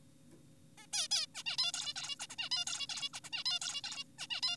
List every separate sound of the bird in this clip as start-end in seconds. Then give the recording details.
0.78-0.86, 0.93-1.08, 1.11-1.26, 1.35-1.43, 1.46-1.57, 1.58-1.72, 1.74-1.94, 1.96-2.16, 2.20-2.27, 2.30-2.36, 2.38-2.49, 2.52-2.65, 2.67-2.87, 2.90-3.09, 3.14-3.20, 3.24-3.30, 3.33-3.44, 3.46-3.59, 3.62-3.82, 3.84-4.04, 4.19-4.27, 4.30-4.41, 4.43-4.56. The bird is an adult. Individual g4p5U